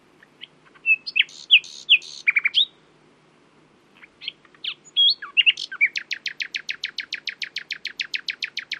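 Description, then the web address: Common nightingale song: mixed chattering and whistled notes, a pause, more varied notes, then a long rapid series of identical sharp clicks. "owen Common Nightingale (Luscinia megarhynchos)"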